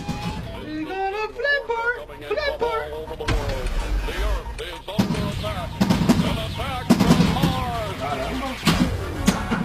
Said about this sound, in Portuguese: Isso aí não é pinball, é a nossa impressora aqui da rádio. Attack from Mars. Impressora matricial, né? Boa!